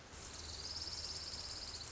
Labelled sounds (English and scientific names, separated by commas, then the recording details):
Orange-crowned Warbler (Leiothlypis celata)
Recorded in Sonoma County, California